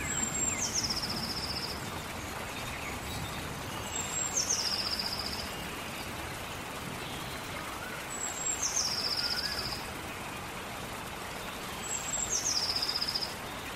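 Rain falls steadily in a forest, a dense, even hiss that never lets up. A bird repeats the same high, thin call four times, roughly every four seconds, each a bright note sliding down into a short buzzy trill.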